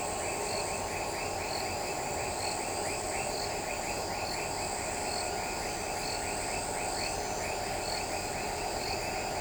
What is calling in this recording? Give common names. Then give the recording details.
none. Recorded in shrubland near Pivijay, Magdalena, Colombia, on 16 April 2023 at 19:00. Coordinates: 10.453, -74.365. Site P5-G022